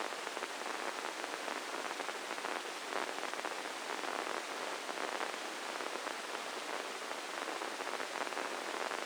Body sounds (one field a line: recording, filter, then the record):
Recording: brain microelectrode recording played as sound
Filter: spike band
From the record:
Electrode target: subthalamic nucleus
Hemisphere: left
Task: reaching with the right hand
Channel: 1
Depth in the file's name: 4.826 mm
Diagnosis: Parkinson's disease